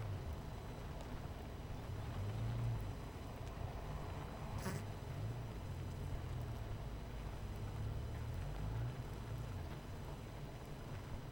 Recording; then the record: honeybee colony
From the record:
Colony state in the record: missing queen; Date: 14 July 2017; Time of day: 18:03